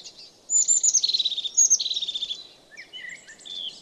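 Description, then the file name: Crested tit with two high, buzzy trilled phrases in quick succession, followed by fainter thin twittering notes. "Kuifmees"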